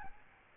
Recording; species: mosquito wingbeat signal from an infrared sensor; Aedes albopictus